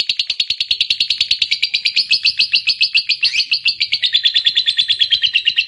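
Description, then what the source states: Lovebird delivering a long stream of quick, harsh chirping notes, the pitch wavering up and down through the run. Fighter-type lovebird singing energetically, described as gacor.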